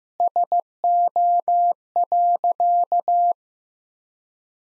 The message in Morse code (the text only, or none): SO.